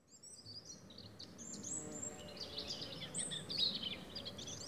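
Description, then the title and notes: European robin singing rapid, high, twittering phrases with sharp whistled notes, growing louder toward the end over faint low background noise. Several robins singing in the afternoon at Méandres du Saugey, Brangues, France, in the Haut-Rhône; recorded with a Dodotronic stereo parabola (EM172) and Zoom H4n Pro. "Méandres du Saugey - Brangues, France - Ambiance sifflée des Méandres du Saugey. Rouge gorges pour un concerto d'après-midi dans les Méandres du Saugey. EspaceS SonoreS"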